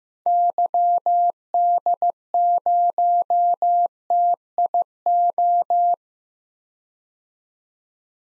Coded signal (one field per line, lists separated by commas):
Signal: Morse code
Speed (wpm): 15 wpm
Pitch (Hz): 700 Hz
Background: none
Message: YD0TIO